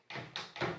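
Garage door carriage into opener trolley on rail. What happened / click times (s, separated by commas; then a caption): The trolley did not latch back onto the rail carriage / none. The red emergency release rope is pulled back toward the door so the garage door carriage can re-engage the opener trolley on the rail. Three broadband rattling bursts are heard at about 0.1, 0.4 and 0.6 s. Nothing has clicked or latched yet because the trolley did not go back far enough.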